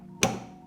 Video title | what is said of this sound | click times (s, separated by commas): European vs American GLOCK DIFFERENCES: Unboxing and setup of my GLOCK 45 MOS with Holosun EPS | Turn it until we get that audible click. | 0.2 s